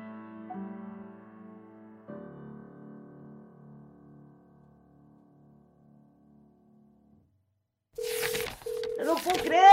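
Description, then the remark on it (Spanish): A few soft, ringing tonal notes fade out into near silence, then a steady electronic telephone tone from a radio station's phone starts, briefly interrupted a couple of times, while a voice talks over it. “Teléfono de la radio.”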